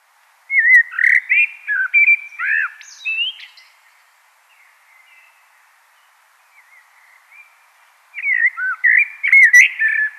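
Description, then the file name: Common blackbird song: two phrases of mellow whistled notes rising and falling, with brief high squeaky notes, separated by a quiet gap with faint soft notes. "Turdus merula"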